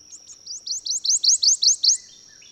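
Bird song: a quick run of about eight high, rising, slurred notes, growing louder, over a steady high whine.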